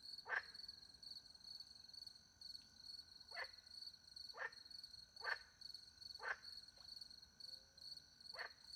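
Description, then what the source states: Frog calls as brief clipped croaks, several with uneven gaps, set against a continuous shrill cricket chorus. Frogs with crickets at night in countryside beside a little pond in France; microphones hidden in a tree, two Usi Pro microphones into a MixPre-10 II recorder.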